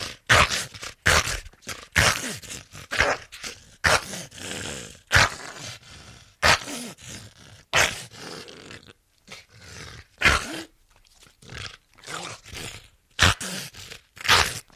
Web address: pit bull